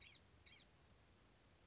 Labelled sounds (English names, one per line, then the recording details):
Blue-gray Gnatcatcher
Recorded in Sonoma County, California